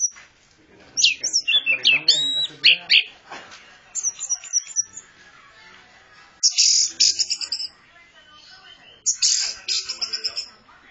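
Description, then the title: Orange-headed thrush song: loud, varied bursts of whistles, buzzy trills and rapid chatter, delivered in several separate strophes with short silences between. Champion-class orange-headed thrush singing energetically, described as gacor, teler and doyong. "Kicau Mania Suara Burung Anis Merah Gacor Teler Doyorng Juara"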